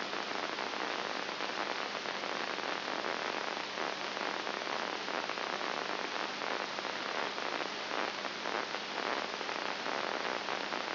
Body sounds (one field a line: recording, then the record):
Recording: brain microelectrode recording played as sound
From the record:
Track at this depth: inside the subthalamic nucleus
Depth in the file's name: 4.501 mm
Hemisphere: right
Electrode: 2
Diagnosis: Parkinson's disease